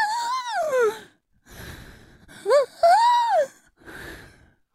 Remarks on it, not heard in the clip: It might be getting kind of hard for you to breathe. They'd hear a sound something like this. It's called stridor. It's a very, very bad sign.